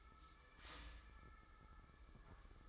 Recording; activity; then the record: daily activity, microphone in the room; start toaster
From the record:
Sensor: 3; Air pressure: 995.2 hPa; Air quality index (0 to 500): 74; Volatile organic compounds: 5 ppm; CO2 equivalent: 1721 ppm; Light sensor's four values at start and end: 18/55/23/20 and 18/54/23/20